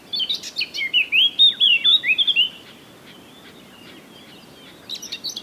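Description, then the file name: Eurasian blackcap song: a fast warbled phrase of rich, fluty notes lasting over two seconds, a quiet gap, then the scratchy start of a new phrase. "Sylvia atricapilla"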